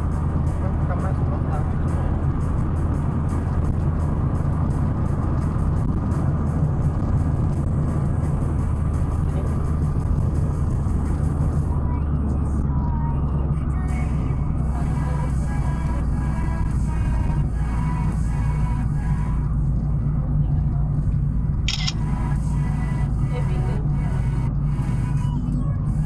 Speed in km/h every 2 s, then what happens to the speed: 93, 93, 92, 90, 88, 83, 78, 72, 66, 61, 60, 61, 58.
0-26 slows to 58.